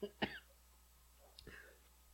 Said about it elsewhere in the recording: I'm coughing, just yelling at you. I'm out of breath, yelling at you. That's the fat guy cough from being winded.